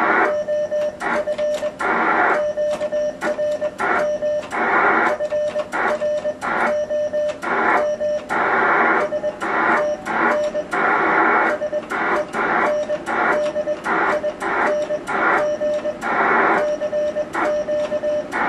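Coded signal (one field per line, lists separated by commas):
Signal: Morse code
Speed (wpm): 20 wpm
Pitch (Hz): 600 Hz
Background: radio noise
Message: OF QRM FROM STN SENDING CQ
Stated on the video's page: Morse contact on 14MHz sent with paddles made from Lego at both stations.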